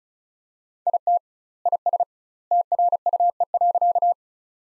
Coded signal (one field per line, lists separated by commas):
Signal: Morse code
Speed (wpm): 34 wpm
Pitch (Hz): 700 Hz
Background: none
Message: IT IS TRUE.